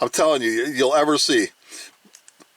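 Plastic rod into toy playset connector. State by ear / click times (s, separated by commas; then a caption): seated / 2.2 s, 2.3 s. Someone talks, then a plastic rod from a 2000 McDonald's Zip Skaters Happy Meal skating playset is pushed into a tight plastic connector. Two short plastic clicks at 2.1 s and 2.3 s mark the rod popping into place, and the track is seated and sturdy.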